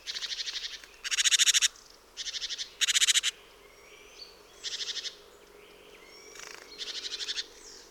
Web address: Przyroda Ptaki -Sikora bogatka